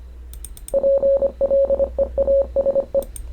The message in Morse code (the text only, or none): PLEASE